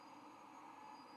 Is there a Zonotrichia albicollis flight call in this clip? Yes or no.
no